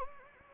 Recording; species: mosquito wingbeat signal from an infrared sensor; Anopheles gambiae